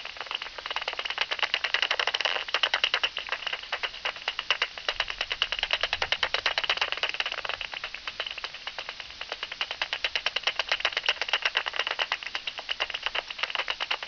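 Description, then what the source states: Bat echolocation calls as a long, unbroken stream of quick ticking clicks that swells and eases in loudness over the recording. Bat calls on 27 August 2002.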